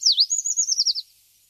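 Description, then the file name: Treecreeper high, thin song phrase about a second long, opening with a dipping note, then a wavering, slightly descending run of quick notes. "Rampichino"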